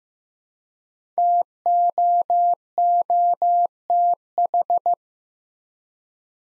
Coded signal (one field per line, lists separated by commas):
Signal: Morse code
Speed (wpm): 15 wpm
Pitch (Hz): 700 Hz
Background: none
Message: TOOTH